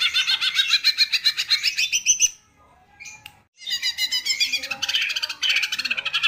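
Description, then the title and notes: Leafbird song: a quick string of squeaky, buzzy notes, a short silence, then a long, energetic stretch of rapid chirping phrases. Caged songbird; masteran and pancingan recording, used to train and provoke cage birds, of vigorous 'gacor' singing. "Masteran & Pancingan Cucak Ijo Gacor. Burung Cucak Ijo"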